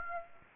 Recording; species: mosquito wingbeat signal from an infrared sensor; Aedes aegypti